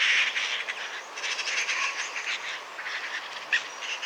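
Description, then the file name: Eurasian magpie giving rough, harsh chattering calls in uneven bursts. One brief high chirp near the end. "Pica pica"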